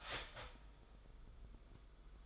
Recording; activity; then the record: daily activity, microphone in the room; start toaster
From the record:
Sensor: 5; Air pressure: 990.9 hPa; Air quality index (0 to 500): 145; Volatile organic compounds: 127 ppm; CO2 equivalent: 3914 ppm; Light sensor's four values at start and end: 37/115/44/47 and 37/115/44/47